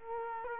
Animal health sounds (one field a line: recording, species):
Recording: mosquito wingbeat signal from an infrared sensor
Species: Culex quinquefasciatus